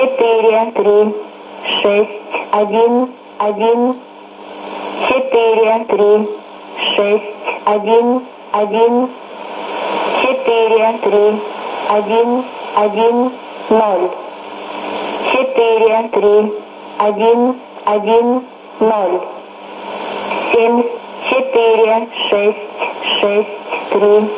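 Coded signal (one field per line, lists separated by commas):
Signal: numbers station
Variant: S06s, Russian language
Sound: woman's voice reading single digits in five-digit groups, evenly paced, over radio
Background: radio static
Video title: 04 06 2017 Numbers station S06s Russian Lady in Russian to Eu 0645 on 14875 unknown tx site in CUSB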